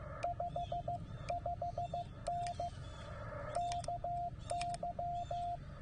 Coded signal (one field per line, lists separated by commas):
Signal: Morse code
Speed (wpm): 15 wpm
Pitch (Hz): 700 Hz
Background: radio noise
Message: 55N KY